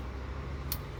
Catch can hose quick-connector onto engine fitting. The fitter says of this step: There, I heard it click, and this one's gonna go here.